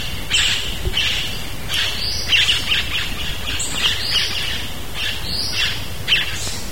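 Bird calls: repeated high chirps and trills over steady background noise.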